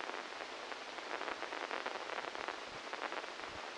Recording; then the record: brain microelectrode recording played as sound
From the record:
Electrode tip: inside the subthalamic nucleus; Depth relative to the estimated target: -2 mm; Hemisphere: left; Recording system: NeuroSet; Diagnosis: Parkinson's disease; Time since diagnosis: 12 years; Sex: male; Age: 61 years